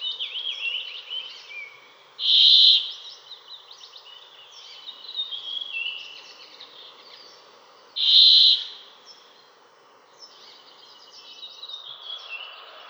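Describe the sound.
Brambling giving two loud, drawn-out nasal wheezes, roughly six seconds apart, over a background of softer twittering and chattering bird calls.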